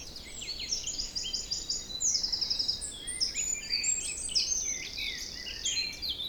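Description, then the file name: Birds pour out fast, high, overlapping trills and bright whistled notes in a steady, lively chorus with hardly a pause. Forest in spring; windy, force 3 Beaufort; recorded at 1 pm. "Forest Spring Birds Windy 3 bft 1 pm"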